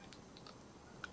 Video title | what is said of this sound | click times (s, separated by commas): 6 in 1 solar plane | should go in quite nicely when you hear clicky notes in and you know it's secure | 1.0 s